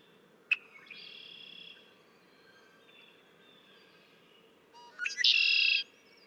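Red-winged blackbird gives a sharp check, then soft buzzy notes, and ends with a loud, harsh trilled phrase under a second long.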